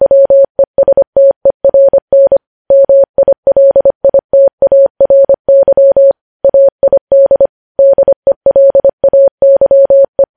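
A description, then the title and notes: Morse code sent as a single steady mid-pitched tone, switching on and off in quick short dots and longer dashes. The keying runs continuously across the clip with brief pauses between letters and words, clean, with no background sound. Morse code.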